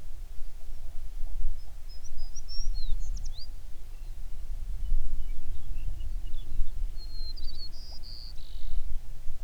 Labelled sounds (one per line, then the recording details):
songbird
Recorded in the Prudhoe Bay oil fields, Alaska, on 11 June 2019 at 05:16
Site 21